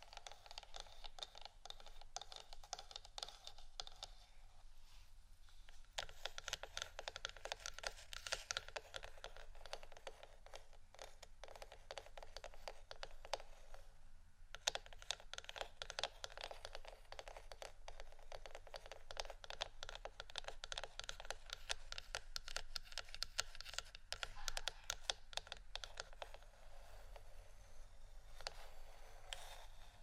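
Wooden items are tapped and scratched in a dense, continuous stream of small clicks and scrapes, like rapid typing. A quieter, sparser stretch opens the first six seconds before the activity thickens and stays busy, with a low steady hum underneath throughout.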